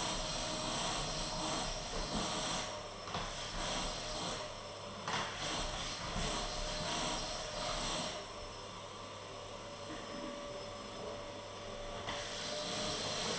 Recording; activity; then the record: daily activity, microphone in the room; vacuum cleaning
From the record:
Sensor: 4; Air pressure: 1011.1 hPa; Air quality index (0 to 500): 150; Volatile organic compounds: 3 ppm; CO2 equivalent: 1532 ppm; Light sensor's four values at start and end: 86/231/96/101 and 85/227/95/100